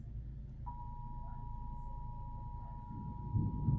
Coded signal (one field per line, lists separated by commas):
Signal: Emergency Alert System (SAME) tones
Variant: 853 and 960 Hz attention tone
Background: speech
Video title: eas#25 severe thunderstorm warning